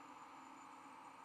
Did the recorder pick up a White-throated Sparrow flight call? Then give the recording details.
no. No flight call is heard. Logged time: 02:17 on 11 November 2014